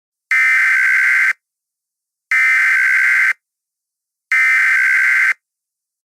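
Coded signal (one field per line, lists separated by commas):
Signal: Emergency Alert System (SAME) tones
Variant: header bursts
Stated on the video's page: Fictional EAS scenario, not a real alert.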